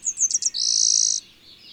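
Bird song: one high phrase of several quick slurred chirps that leads into a long, steady buzzy trill.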